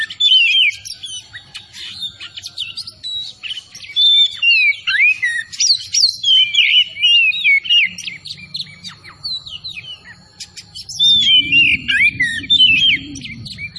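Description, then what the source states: Oriental magpie-robin song: rich, varied whistled phrases with rising and falling slurs in rapid bursts, a low rumble joining near the end. Tretes kacer singing vigorously (gacor).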